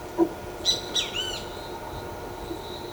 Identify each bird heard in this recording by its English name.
Great Kiskadee